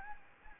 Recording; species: mosquito wingbeat signal from an infrared sensor; Anopheles gambiae